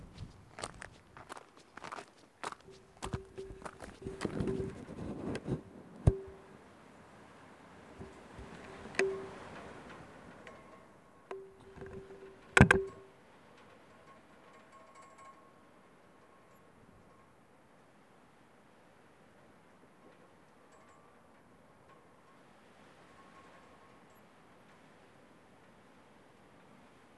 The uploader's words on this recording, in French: Inlassablement on écoute le chant des pierres des Dentelles de Montmirail et du vent qui passe haut.